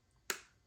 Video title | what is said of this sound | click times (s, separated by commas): LUXURY GUERLAIN NEW RELEASES REVIEW & TUTORIAL/ TECHNIQUES!! HERMES- DIOR-GUCCI-YSL AND MORE..... | it's not magnetic as the tone four but had a little click there so you need to hold very well the bottom part | 0.3 s